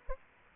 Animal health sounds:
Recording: mosquito wingbeat signal from an infrared sensor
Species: Aedes aegypti

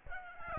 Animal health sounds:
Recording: mosquito wingbeat signal from an infrared sensor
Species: Aedes aegypti

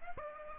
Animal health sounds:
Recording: mosquito wingbeat signal from an infrared sensor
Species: Aedes aegypti

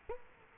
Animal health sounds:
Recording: mosquito wingbeat signal from an infrared sensor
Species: Culex quinquefasciatus

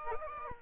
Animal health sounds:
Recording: mosquito wingbeat signal from an infrared sensor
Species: Aedes aegypti

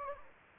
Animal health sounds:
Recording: mosquito wingbeat signal from an infrared sensor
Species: Anopheles gambiae

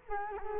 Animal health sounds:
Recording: mosquito wingbeat signal from an infrared sensor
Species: Culex quinquefasciatus

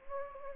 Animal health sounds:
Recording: mosquito wingbeat signal from an infrared sensor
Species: Anopheles gambiae

